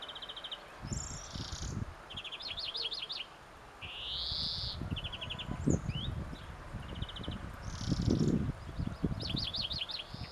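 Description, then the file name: European greenfinch calls: short twittering trills in bursts with a buzzy wheeze, over steady low rumbling background noise. "Chloris chloris"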